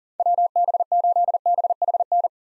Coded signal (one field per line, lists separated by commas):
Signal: Morse code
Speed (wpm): 37 wpm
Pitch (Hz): 700 Hz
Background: none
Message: WB8BHN